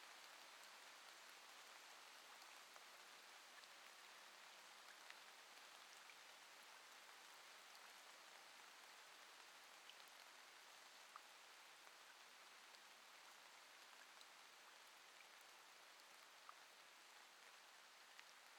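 Rain falls in a steady, even hiss that holds unchanged for the whole stretch, bright and dense with little low rumble. Faint individual drop ticks flicker through now and then, with a couple of slightly sharper taps near the middle.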